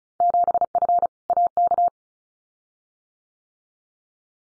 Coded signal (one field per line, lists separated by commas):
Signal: Morse code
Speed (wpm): 34 wpm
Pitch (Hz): 700 Hz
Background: none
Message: 7F AK